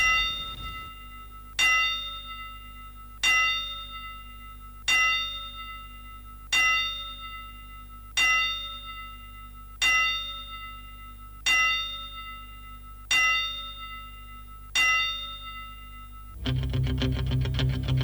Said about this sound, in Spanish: Hacemos honor, como se acostumbra, Damián, aquí en cualquier parte del mundo, a las 10 campanas en memoria de Víctor Salazar.